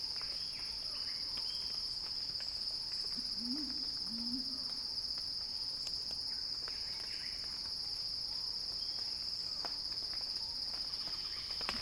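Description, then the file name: Cicada song, a steady high shrill drone with a faint pulsing overtone above it, plus a brief low two-part sound early on and scattered soft clicks. Cicada crescendo, recorded by Axel Drioli for Earth.fm's Sounding Wild. "earth-fm Axel-Drioli Cicada-Crescendo-Sounding-Wild"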